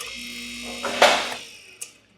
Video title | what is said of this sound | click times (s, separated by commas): Halo 4-Post lift: Would I buy it again? | That click sound, you want it to be unanimous amongst all four corners. | 1.8 s